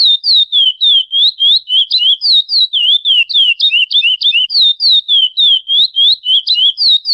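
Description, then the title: Chestnut-bellied Seed-Finch song: a fast, unbroken run of clear whistled notes sliding up and down, about three or four notes each second. Song played to warm up a curió. "Canto Para Esquenta O Curió"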